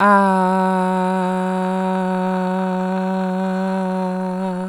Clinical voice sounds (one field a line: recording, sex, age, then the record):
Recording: sustained vowel /a/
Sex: female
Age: 30 to 39 years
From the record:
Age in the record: 33 years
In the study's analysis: included